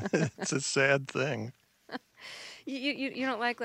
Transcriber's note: laughing